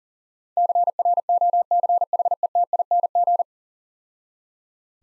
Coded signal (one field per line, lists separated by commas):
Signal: Morse code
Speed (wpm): 37 wpm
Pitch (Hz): 700 Hz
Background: none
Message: CROCHETING